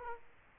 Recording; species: mosquito wingbeat signal from an infrared sensor; Culex quinquefasciatus